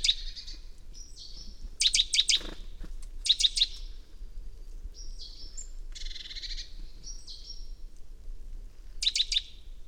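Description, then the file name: Great tit calls, clusters of three or four sharp ticking notes alternating with short rasping churrs and thin high whistles, recurring every second or two over a soft low hum. "Parus major"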